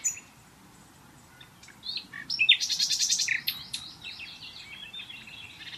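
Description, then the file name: Common nightingale song: a quiet start, then a loud, rapid burst of repeated buzzy notes followed by slurred whistled phrases. "Luscinia megarhynchos"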